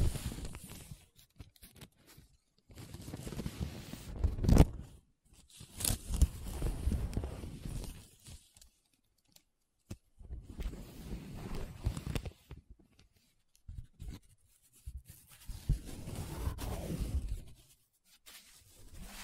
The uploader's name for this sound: Paper Sounds Tracing, Scratching, Rubbing